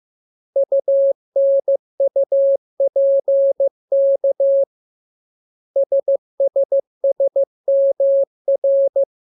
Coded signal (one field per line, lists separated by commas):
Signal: Morse code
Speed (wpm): 15 wpm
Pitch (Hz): 550 Hz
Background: none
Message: UNUPK SSSMR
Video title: Learning Morse Code. Lesson 9. Letter KMURESNAPT